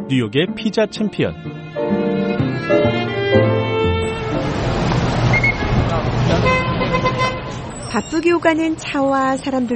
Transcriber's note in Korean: 현장음:뉴욕 거리